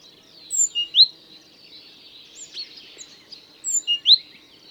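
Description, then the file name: Great tit calls: two short groups of sharp, high chirps near the start and the end, with quieter twittering between them. "Parus major"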